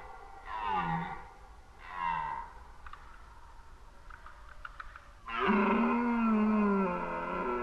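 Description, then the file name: Red deer giving two short grunting roars, then a loud, sustained bellow that holds steady for over two seconds. Recorded during the rut, 2011. "rykowisko 2011"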